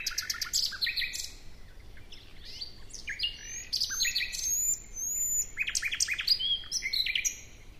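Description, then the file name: Common nightingale song: bursts of rapid repeated notes, thin high upslurred whistles and varied chirped phrases throughout. "Luscinia megarhynchos"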